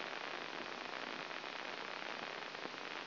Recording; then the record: brain microelectrode recording played as sound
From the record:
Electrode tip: inside the subthalamic nucleus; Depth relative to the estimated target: 1 mm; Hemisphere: left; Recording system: AlphaMap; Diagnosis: Parkinson's disease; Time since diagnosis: 9 years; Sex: male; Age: 66 years